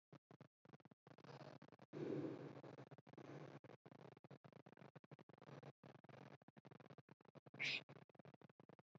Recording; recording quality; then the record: shallow breathing; poor, much background noise or distortion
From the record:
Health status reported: healthy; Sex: female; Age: 22 years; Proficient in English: yes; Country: India